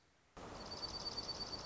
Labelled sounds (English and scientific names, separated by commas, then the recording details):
Dark-eyed Junco (Junco hyemalis)
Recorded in Sonoma County, California